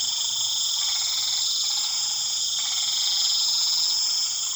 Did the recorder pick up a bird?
no